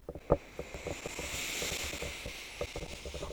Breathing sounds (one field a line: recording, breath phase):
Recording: one breath near a microphone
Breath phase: inhalation